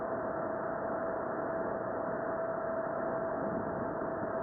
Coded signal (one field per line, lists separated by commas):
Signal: PSK31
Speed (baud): 31.25 baud